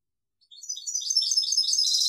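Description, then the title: European goldfinch song: a short, high twittering phrase starts softly with a few notes, then quickly builds into dense, rapid tinkling chatter. "Chant Chardonneret"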